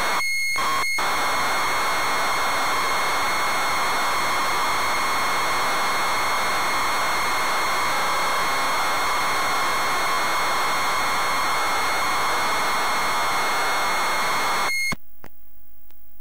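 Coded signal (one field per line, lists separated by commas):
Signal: ZX Spectrum tape loading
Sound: continuous harsh buzzing data screech for about fourteen seconds, then it stops abruptly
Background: tape hiss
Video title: Zx Spectrum Real Tape: Terrormolinos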